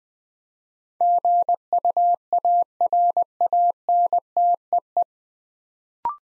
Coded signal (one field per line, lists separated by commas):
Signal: Morse code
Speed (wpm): 20 wpm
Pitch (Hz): 700 Hz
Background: none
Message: GUARANTEE